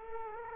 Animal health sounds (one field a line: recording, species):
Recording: mosquito wingbeat signal from an infrared sensor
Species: Culex quinquefasciatus